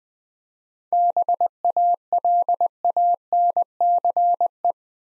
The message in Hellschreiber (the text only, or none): none